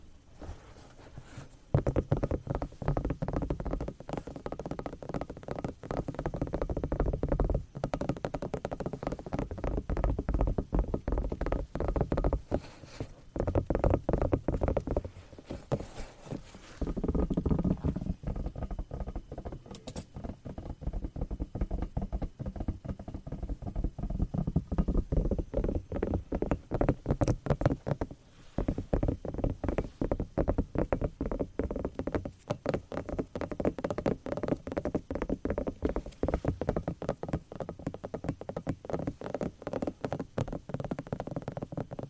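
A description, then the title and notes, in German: Dense, rapid tapping patters on without letup for the whole clip, low and thudding, with a few brief pauses and sharper clicks. ASMR - "Tapp, tapp, tapp".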